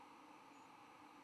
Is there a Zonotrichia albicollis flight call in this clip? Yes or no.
yes